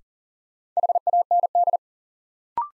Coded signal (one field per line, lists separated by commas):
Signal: Morse code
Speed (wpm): 40 wpm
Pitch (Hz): 700 Hz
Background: none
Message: HAND